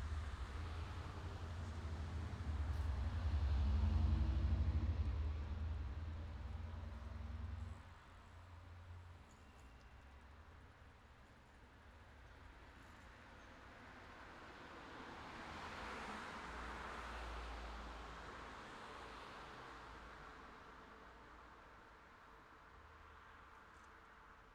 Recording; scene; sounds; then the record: everyday scene through a hearing-aid microphone; in traffic; traffic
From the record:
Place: city secondary road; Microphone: in the ear canal, left